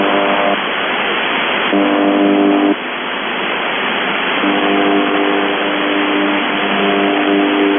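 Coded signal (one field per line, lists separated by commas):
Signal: channel marker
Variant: UVB-76 (The Buzzer)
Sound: four low, rough buzzes, about one second each, repeating every couple of seconds through static hiss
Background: radio static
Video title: The Buzzer/UVB-76(4625Khz) August 26, 2021 Voice messages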